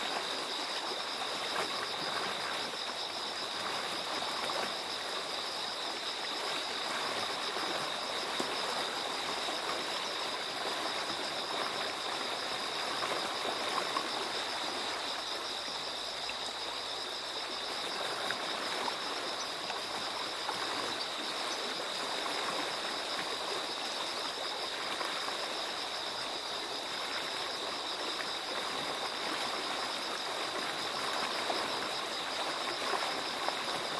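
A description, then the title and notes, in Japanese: River water rushes steadily against concrete breakwater blocks, a dense, unbroken wash of sound filling the middle and upper range. Over it, autumn insects trill continuously in two high, even bands, holding constant throughout with no pauses or distinct events. すっかり秋めいてきた虫の声を添えて。ひたすらテトラポッドに当たる川音が流れます。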